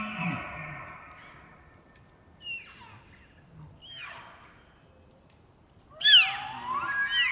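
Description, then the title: Elk bugles: a sustained harmonic tone fades at the start, brief squealing notes follow, then a loud rising, whistled bugle breaks out near the end. Bull elk during the rut in the Colockum Wildlife Area, Washington, morning of September 18 from pre-dawn; dry high plateau with ponderosa pine stands; raw double-M/S recording, unfiltered. "Elk Bull Roars Closer And Far With Challenges, Galloping, And Clashing Antlers"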